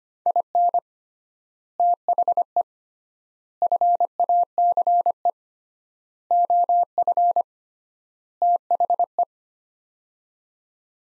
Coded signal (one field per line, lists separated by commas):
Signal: Morse code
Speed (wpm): 25 wpm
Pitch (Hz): 700 Hz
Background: none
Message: IN THE FACE OF THE